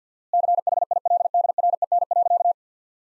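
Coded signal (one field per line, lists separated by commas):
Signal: Morse code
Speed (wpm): 50 wpm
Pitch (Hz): 700 Hz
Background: none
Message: CHILDREN.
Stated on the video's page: Morse practice of sentences built from the top 400 words at 50 wpm with 4x word spacing, a Farnsworth-like method applied to words.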